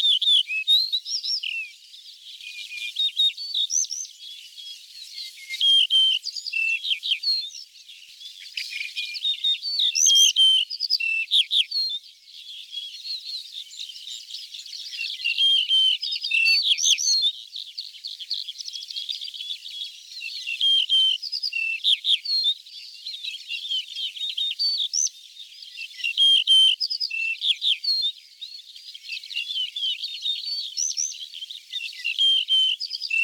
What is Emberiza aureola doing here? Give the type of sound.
song